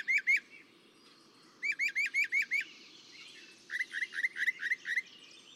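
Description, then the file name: Northern mockingbird song: short bursts of repeated chirped notes. "Northern Mockingbird"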